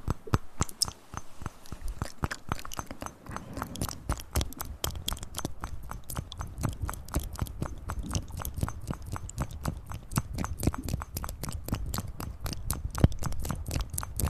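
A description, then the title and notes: Rapid tapping fills the whole stretch, crisp clicks arriving several times a second in a busy, fairly even rhythm. Wet, crunchy mouth sounds mix in among the taps. Tap trigger and mouth sounds.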